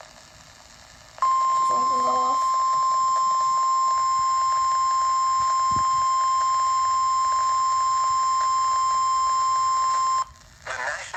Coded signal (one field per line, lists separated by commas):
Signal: Emergency Alert System (SAME) tones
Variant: 1050 Hz attention tone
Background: speech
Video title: EAS doubleheader flash flood warning and severe thunderstorm warning